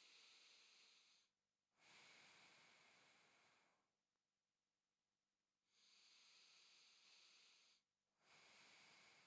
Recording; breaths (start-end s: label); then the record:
nose breathing near a microphone
0.00-1.43 s: inhalation
1.43-4.03 s: exhalation
5.38-7.93 s: inhalation
7.93-9.27 s: exhalation
From the record:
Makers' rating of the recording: medium